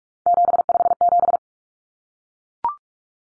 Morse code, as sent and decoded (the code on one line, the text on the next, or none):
--... ..... --...
757